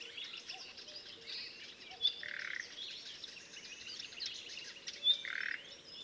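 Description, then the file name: Common nightingale song of dense, high chattering and whistled phrases, two loud piercing notes rising above a noisy background. "Luscinia megarhynchos"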